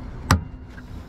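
A wiring harness connector is pushed onto the back of a new H11 headlight bulb on a Ram 1500 Classic. There is one sharp, loud click at 0.3 seconds as the connector seats, followed by quiet background hum.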